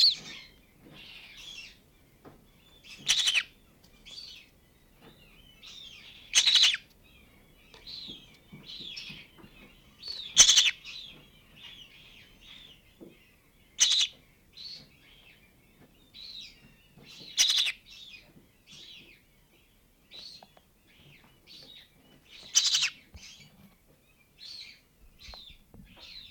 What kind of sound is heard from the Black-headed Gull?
call